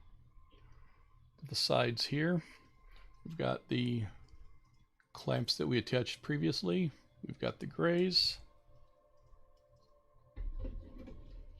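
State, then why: Not seated. Gray plastic building-brick clamp pieces on the sides of an Infinity Gauntlet set 76191 cuff are handled as they are about to be pressed onto a bar element, with faint handling noises while someone talks. Nothing has seated or clicked yet.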